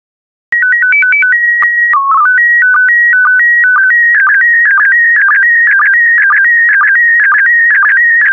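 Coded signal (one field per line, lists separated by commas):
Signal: SSTV (slow-scan television)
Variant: PD120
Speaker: complete you can now check your decoded image against the picture that is shown on the video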